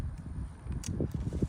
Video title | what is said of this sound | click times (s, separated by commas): instructional video v2 | just click it in until it snaps in | 0.9 s